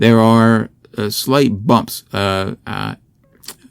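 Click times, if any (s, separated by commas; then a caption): 3.5 s. A red plastic sliding cover on a tape dispenser is pushed into place in its white plastic casing, where bumps on the cover's inner sides drop into small dimples to lock it. Someone talks for most of the clip, then a short, sharp click is heard at 3.5 seconds as the cover seats.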